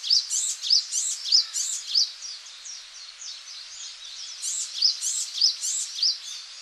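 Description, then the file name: Japanese tit giving sharp, high, repeated notes in two bursts of several phrases each, set against continuous twittering from other birds. Recorded in Okinawa on 11 March 2006. "sijuukara 060311 okinawa kaji"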